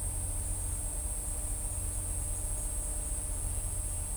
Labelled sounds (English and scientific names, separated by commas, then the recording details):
none
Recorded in shrubland near Pivijay, Magdalena, Colombia, on 2 June 2023 at 14:30
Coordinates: 10.453, -74.365
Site P5-G022